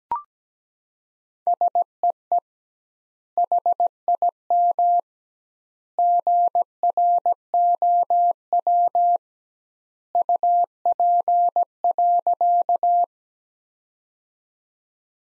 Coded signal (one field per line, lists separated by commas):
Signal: Morse code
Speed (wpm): 17 wpm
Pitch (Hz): 700 Hz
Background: none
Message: SEE HIM GROW UP.